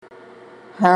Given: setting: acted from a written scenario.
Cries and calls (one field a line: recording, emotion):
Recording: vocal sound without words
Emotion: contempt